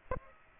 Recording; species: mosquito wingbeat signal from an infrared sensor; Aedes aegypti